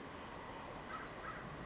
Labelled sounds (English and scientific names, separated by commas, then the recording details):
Western Flycatcher (Empidonax difficilis)
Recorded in Sonoma County, California